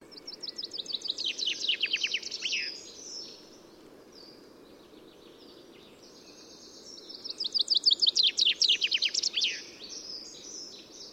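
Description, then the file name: Common chaffinch song repeated twice, each phrase an accelerating tumble of bright notes that drops in pitch and ends with a flourish. "Fringilla coelebs"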